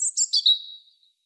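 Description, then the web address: European robin giving a brief phrase of three quick high notes that slide downward into a thin, drawn-out whistle that fades away. "SETE Erithacus rubecula"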